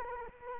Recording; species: mosquito wingbeat signal from an infrared sensor; Culex quinquefasciatus